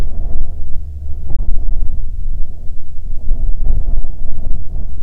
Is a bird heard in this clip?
no